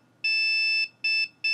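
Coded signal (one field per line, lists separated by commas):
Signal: beep code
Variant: ASUS motherboard POST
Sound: a buzzy electronic beep: one long, one short, then another short starting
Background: quiet room hum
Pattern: 1 long, 2 short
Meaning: Memory error, here no memory installed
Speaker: that's one long too short and it's not gonna stop is it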